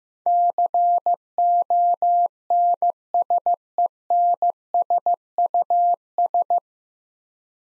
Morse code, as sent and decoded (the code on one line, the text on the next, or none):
-.-. --- -. ... . -. ... ..- ...
CONSENSUS